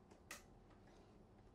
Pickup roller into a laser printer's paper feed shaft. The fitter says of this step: the bottom in first and then I push it in, click on it and hear a click on the wheel